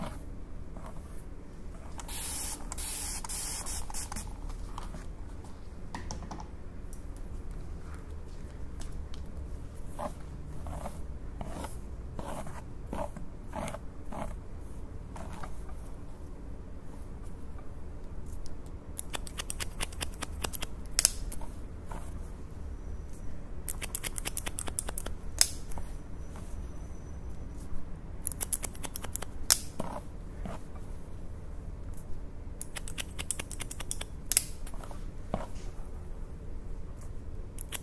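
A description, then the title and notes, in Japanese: Scissors cut repeatedly in quick bursts of crisp, bright snips, with short pauses between, over a steady low hum throughout. (ASMR)ハサミでカット。ホワイトノイズよりの音となります。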